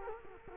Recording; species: mosquito wingbeat signal from an infrared sensor; Culex quinquefasciatus